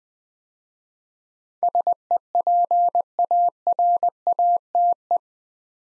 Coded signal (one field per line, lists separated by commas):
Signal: Morse code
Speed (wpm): 20 wpm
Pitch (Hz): 700 Hz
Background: none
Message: SEPARATE